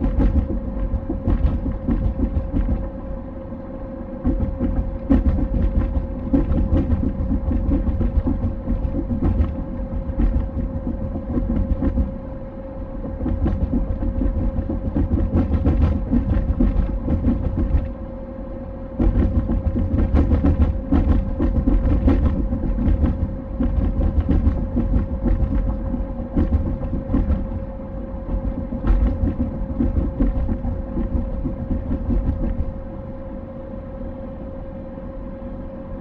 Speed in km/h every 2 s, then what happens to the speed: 68, 68, 68, 68, 68, 68, 68, 68, 68, 68, 68, 68, 68, 68, 68, 68, 68, 68.
0-36 steady at about 68.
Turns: none.